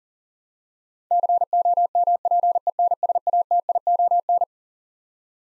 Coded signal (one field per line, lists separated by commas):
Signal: Morse code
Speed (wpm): 40 wpm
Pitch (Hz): 700 Hz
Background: none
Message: COMPENSATION